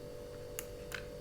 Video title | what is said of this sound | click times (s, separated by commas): Victure SC220 Security Camera Connecting To Wi-Fi & Digit Cam | once you hear it click into place that's in the next thing we're gonna do is connect the power supply so | 0.6 s